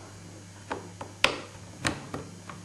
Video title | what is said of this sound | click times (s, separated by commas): Under Water Cell Phone | once it's in rotate it so it snaps in place give it a little pull to make sure that everything | 1.2 s